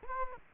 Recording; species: mosquito wingbeat signal from an infrared sensor; Culex quinquefasciatus